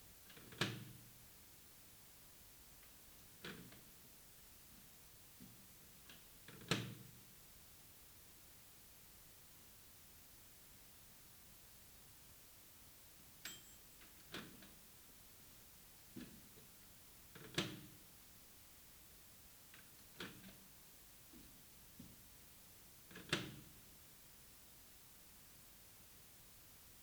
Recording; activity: daily activity, guitar pickup as the sensor; use microwave